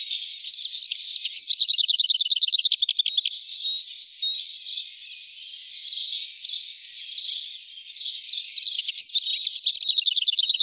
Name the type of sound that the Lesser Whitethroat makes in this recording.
song